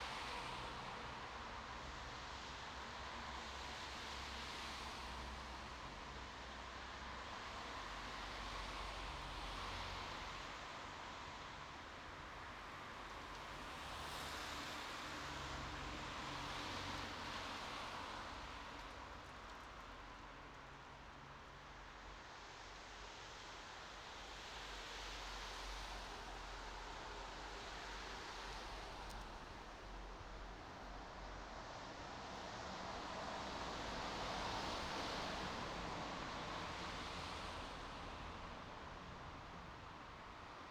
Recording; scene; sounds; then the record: everyday scene through a hearing-aid microphone; in traffic; traffic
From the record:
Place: bus stop on a city main road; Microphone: in the ear canal, right